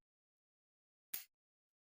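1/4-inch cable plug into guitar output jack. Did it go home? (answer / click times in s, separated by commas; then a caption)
yes / 1.1 s. A 1/4-inch guitar cable plug is pushed into a guitar's output jack, giving a single sharp click at 1.1 s that rings briefly in the high frequencies over near-silence. This is the second click, after which the plug is fully home and connected on both sides.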